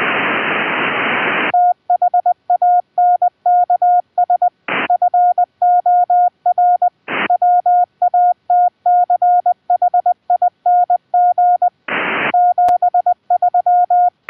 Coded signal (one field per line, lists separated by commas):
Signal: Morse code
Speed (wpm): 20 wpm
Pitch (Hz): 710 Hz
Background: none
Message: THANKS FOR WATCHING 73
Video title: turn an OLD 1 cpu LAPTOP into a high performance HAM RADIO REMOTE RIG operations station interface